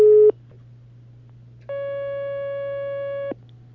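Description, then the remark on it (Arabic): A telephone line tone sounds as another phone-in call connects to a radio question programme: a short steady beep, a pause, then a longer sustained tone of about one and a half seconds, over a constant low hum. “اتصال آخر.”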